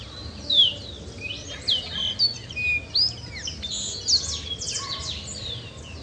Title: LuckyPassaro Completos2Sama. Baywing (Agelaioides badius)